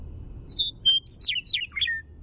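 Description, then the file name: Western meadowlark song: a rapid phrase of clear whistled and slurred notes over a low background rumble. Primary song. "WEME-Primary Song"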